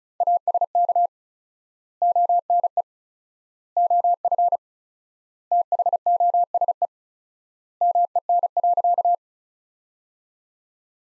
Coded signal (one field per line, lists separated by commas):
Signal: Morse code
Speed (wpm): 34 wpm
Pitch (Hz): 700 Hz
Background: none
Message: ASK ONE OF THOSE MEN.